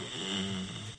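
Adult. Snoring with a strange, really weird-sounding quality.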